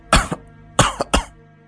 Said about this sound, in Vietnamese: Thầy … càng nói thì lại càng ho nhiều hơn.